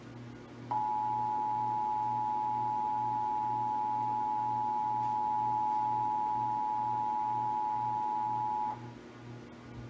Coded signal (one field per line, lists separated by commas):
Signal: Emergency Alert System (SAME) tones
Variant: 853 and 960 Hz attention tone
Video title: (EAS #101-104) December 2021 Texas Required Monthly Test (WBAP-AM, KXAS-TV, KDFW-TV and WFAA-TV)